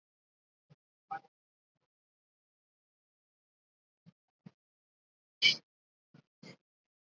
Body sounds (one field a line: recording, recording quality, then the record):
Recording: deep breathing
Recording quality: poor, much background noise or distortion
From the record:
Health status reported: COVID-19 positive, mild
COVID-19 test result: positive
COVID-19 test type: RT-PCR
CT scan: not taken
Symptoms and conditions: cough, sore throat, fever, fatigue, muscle pain, loss of smell and taste, asthma, hypertension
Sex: male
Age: 30 years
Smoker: yes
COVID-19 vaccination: both doses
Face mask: worn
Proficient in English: yes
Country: India